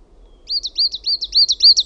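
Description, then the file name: Coal tit sings a fast string of several high, thin two-note phrases, beginning after half a second of quiet and growing slightly louder toward the end. "KUUSITIAINEN"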